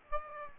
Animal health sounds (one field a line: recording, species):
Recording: mosquito wingbeat signal from an infrared sensor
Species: Aedes aegypti